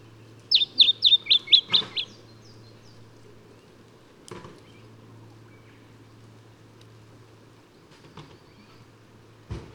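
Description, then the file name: Lemon-bellied flyrobin delivering one brief rapid series of about seven high, clipped notes early on, followed by quiet background hum and a few soft knocks. "Microeca Flavigaster"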